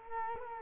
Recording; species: mosquito wingbeat signal from an infrared sensor; Culex quinquefasciatus